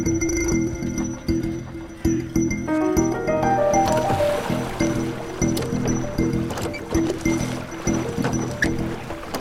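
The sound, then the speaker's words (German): Oars dip and pull through shallow water in long, steady, evenly spaced strokes along the edge of a mudflat, with gurgling splashes and a low sustained tone running beneath the first few seconds. “Rudere jetzt in langen und gleichmäßigen Schlägen”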